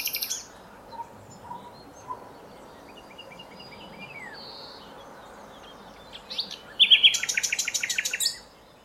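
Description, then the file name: Common nightingale, mostly quiet with faint scattered notes, ending in a loud, fast rattling trill of repeated notes. "Luscinia megarhynchos"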